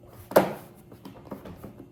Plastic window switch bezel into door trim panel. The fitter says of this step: locks in place real well.